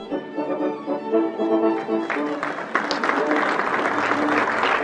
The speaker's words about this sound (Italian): Chissà quanti se lo ricordano, ma era il 7 febbraio 1992 e queste note e questo applauso sancivano la firma del Trattato Istitutivo dell'Unione Europea, erede della CE e futura Eurolandia.